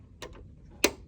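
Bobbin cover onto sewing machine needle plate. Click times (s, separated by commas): 0.8 s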